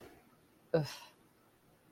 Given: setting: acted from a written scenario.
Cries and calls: vocal sound without words; contempt

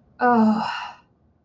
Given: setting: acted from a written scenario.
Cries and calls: vocal sound without words; contempt

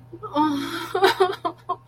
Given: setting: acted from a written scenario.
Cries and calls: vocal sound without words; sadness

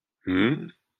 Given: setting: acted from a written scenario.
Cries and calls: vocal sound without words; confusion

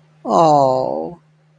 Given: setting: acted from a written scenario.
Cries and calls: vocal sound without words; sympathy

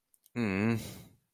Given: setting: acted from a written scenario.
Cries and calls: vocal sound without words; disappointment

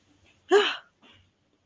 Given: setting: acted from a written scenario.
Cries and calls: vocal sound without words; triumph

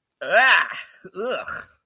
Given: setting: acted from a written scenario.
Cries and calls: vocal sound without words; negative surprise

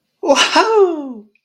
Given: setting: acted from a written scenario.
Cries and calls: vocal sound without words; adoration

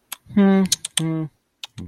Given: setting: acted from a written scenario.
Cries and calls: vocal sound without words; neutral

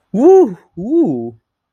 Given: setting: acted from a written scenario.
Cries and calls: vocal sound without words; elation

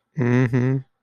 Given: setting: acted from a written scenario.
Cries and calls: vocal sound without words; neutral

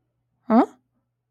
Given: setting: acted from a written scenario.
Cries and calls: vocal sound without words; realization

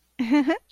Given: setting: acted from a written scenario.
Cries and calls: vocal sound without words; amusement

